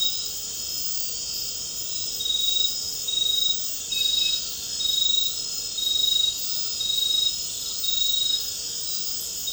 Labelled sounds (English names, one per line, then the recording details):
none
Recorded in dense forest near Puerto Asís, Putumayo, Colombia, on 9 March 2025 at 22:00
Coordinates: 0.467, -76.328
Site G041